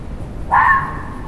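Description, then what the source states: Fox giving a single harsh, hoarse bark over a steady low rumble of background noise. Fox recorded in a forest.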